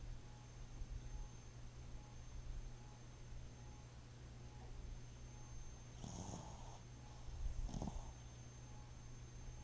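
Steady low rumbling breathing runs throughout, with two louder, rougher snorting breaths close together near the end. This is snoring from a sleeping pet named Jojo Boo, with the vibration of its relaxed upper airway during breathing.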